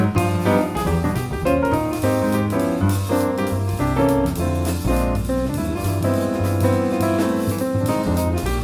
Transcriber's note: none